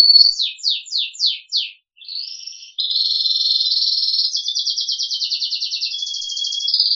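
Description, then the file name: Crested canary song, four sweeping down-slurred notes, then long rolling trills that change pitch from one section to the next. "audio kenari jambul"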